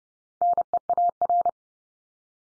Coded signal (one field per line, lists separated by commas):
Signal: Morse code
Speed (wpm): 30 wpm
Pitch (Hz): 700 Hz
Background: none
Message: NEAR